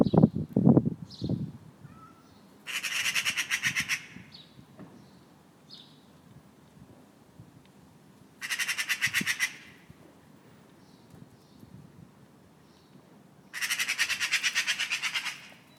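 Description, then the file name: Eurasian magpie chattering in three harsh, rapid rattling bursts, each one to two seconds long and spaced several seconds apart, with low thumps at the start. "Pica pica"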